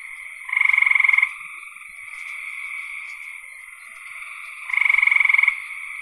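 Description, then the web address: Frogs calling: two loud rapid pulsed trills about four seconds apart, with a softer trilling chorus between them. "cn frogs"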